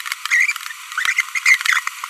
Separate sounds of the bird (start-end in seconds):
0.31-0.52, 1.18-1.21, 1.35-1.39, 1.46-1.56, 1.66-1.79